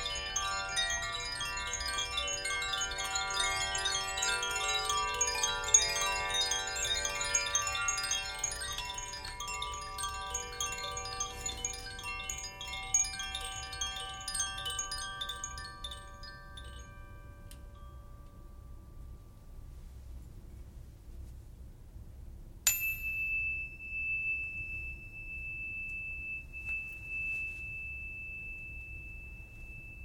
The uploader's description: Tibetan singing bowls and rain sticks